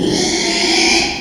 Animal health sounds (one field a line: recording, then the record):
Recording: squeal of a Yucatan mini pig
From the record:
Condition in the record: after surgery on the right vocal fold (resection and tissue-engineered implant)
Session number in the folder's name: 2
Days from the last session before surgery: 13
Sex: male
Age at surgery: 12 weeks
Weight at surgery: 13 kg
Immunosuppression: cyclosporine, prednisolone